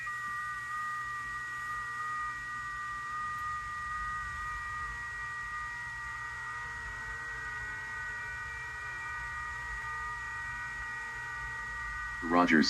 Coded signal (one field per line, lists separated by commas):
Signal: FT8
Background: speech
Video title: FT8 Demo